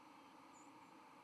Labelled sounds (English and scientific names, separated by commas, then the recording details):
White-throated Sparrow (Zonotrichia albicollis) flight call
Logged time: 07:44 on 31 October 2014